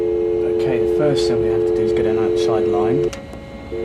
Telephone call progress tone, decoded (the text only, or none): dial tone